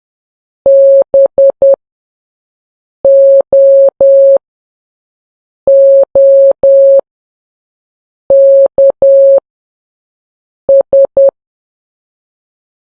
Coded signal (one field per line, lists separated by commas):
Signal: Morse code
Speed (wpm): 10 wpm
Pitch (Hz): 550 Hz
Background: none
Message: BOOKS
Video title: Make Morse Code Jewelry